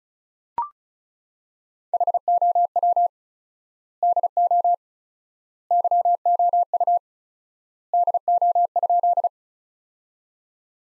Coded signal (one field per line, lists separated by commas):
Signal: Morse code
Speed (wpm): 34 wpm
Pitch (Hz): 700 Hz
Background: none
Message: HOW DO YOU DO?